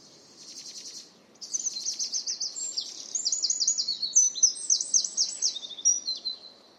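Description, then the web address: Bird song: a faint high trill, a short gap, then a long run of bright, rapidly repeated chirps and trills that keep changing in pitch. "cianscape birddata Deverinetal 2025"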